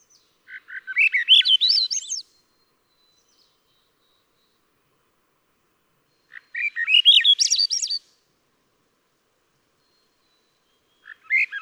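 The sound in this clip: Swainson's thrush singing upward-spiralling, flute-like phrases, two complete ones about four seconds apart, with the start of a third at the very end.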